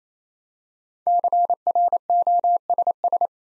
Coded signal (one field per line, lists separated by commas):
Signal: Morse code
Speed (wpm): 29 wpm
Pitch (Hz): 700 Hz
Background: none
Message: CROSS